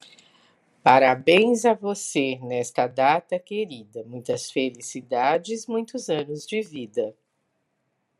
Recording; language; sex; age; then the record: short text; Brazilian Portuguese; female; 60 to 69 years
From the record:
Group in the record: control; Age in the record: 65 years